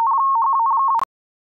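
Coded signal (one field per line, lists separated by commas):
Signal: RTTY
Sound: clean warbling tone flipping rapidly between two close pitches for one second, then a click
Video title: RTTY encoder / decoder using IIR filters and DPLL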